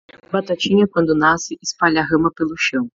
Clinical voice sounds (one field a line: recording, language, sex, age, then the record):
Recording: short text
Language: Brazilian Portuguese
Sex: female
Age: 30 to 39 years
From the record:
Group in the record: control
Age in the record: 31 years